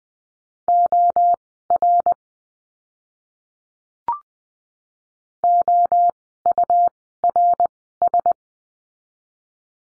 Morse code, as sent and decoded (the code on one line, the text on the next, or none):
--- .-. / --- ..- .-. ...
OR OURS